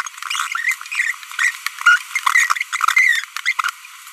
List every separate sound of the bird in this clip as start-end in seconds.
0.65-0.73, 0.92-1.11, 1.39-1.50, 1.86-1.98, 2.15-2.19, 2.73-3.20, 3.46-3.51